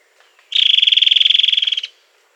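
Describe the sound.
Bird producing a loud, fast buzzy trill at a steady high pitch for roughly one and a half seconds, with a couple of soft clicks before it.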